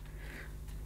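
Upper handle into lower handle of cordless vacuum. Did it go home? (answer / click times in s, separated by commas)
no / none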